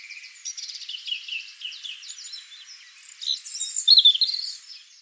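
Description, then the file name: European robin delivering a quick, high, jumbled warble of fine trills and whistles, growing louder and brighter toward the end of the phrase. "Erithacus rubecula"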